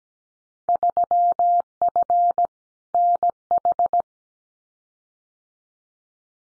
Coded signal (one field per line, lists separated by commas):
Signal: Morse code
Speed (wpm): 17 wpm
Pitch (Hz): 700 Hz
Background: none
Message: 3F NH